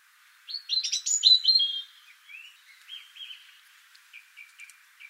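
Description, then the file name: European robin singing a rapid phrase of high, varied twittering notes, then softer, thin notes trailing off over several seconds. "Erithacus rubecula"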